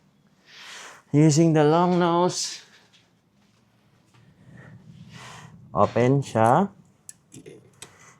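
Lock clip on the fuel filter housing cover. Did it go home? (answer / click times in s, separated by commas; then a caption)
yes / 7.1 s. On a 2015–2024 Nissan Navara, the lock clip on the fuel filter housing cover is opened with long-nose pliers and then closed onto the cover. Someone talks for most of the clip, then a sharp, fast-dying click at 7.1 s marks the clip locking shut on the cover, followed by a few fainter ticks.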